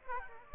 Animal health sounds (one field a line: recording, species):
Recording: mosquito wingbeat signal from an infrared sensor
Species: Aedes aegypti